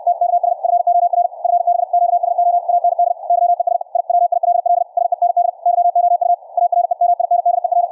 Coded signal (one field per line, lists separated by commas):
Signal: Morse code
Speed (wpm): 64 wpm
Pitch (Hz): 700 Hz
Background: radio noise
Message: TKS FOR FB QSO AND YES I WILL SEND YOU A REMINDER